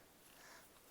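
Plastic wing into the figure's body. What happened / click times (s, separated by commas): The plastic wing is being handled and has not locked in yet / none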